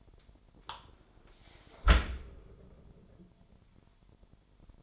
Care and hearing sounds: daily activity, microphone in the room; close dishwasher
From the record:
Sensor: 5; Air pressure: 998.4 hPa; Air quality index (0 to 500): 83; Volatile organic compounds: 1 ppm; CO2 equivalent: 946 ppm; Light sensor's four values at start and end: 21/49/21/23 and 21/48/20/22

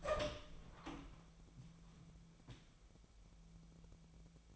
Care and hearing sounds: daily activity, microphone in the room; open door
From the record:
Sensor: 1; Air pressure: 1000.5 hPa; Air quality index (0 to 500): 181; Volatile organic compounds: 4 ppm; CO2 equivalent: 1676 ppm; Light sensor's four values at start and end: 12/28/12/13 and 12/29/12/14

